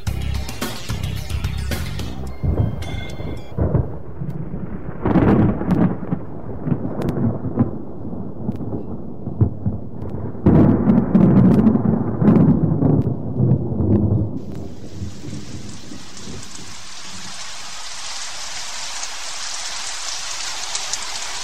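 Deep rolling thunder rumbles across a steady hiss of rain, swelling into several loud booms before fading into an even, continuous downpour.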